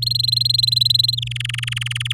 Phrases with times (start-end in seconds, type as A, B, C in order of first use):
0.02-1.15 A, 1.17-2.13 B